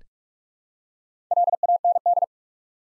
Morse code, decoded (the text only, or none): LAND